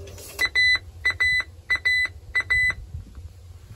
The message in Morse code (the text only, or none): none